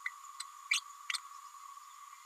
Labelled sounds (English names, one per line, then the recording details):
Green-rumped Parrotlet babbling
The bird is a male
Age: 31 days
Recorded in a nest box in Venezuela
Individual 17B102A4